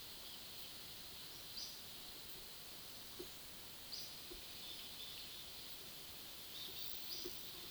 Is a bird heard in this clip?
yes